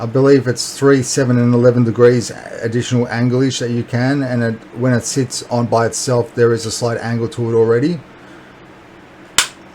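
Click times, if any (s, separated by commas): 9.4 s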